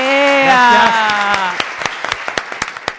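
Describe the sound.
Studio audience applause at the opening of the show Los Salvajes: a voice rings out over a burst of clapping at first, then the clapping thins into scattered, uneven individual claps that trail off.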